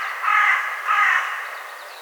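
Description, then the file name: Carrion crow giving two harsh caws in quick succession, the second slightly shorter. "Corvus corone"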